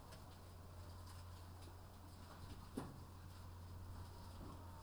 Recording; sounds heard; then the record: poultry house recording; healthy chickens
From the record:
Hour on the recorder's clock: 22